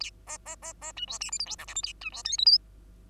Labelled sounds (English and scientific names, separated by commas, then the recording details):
Bengalese Finch (Lonchura striata domestica) song
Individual Bird2